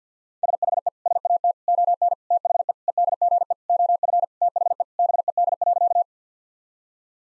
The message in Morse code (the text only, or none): SHE SAT ON THE EDGE OF THE BED.